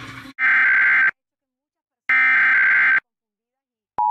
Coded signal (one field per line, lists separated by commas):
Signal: Emergency Alert System (SAME) tones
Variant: header bursts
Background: speech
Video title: Back At New Jersey...EAS Tests from July 21, 2020 (EAS #204-207)